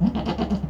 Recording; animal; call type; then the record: contact call of a hoofed animal; goat; low-frequency (closed-mouth) or high-frequency (open-mouth) call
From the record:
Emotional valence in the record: positive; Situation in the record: food anticipation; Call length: 0.70 s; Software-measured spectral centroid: 1240 Hz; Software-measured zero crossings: 750 a second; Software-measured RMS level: -23 dBFS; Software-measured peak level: -11 dBFS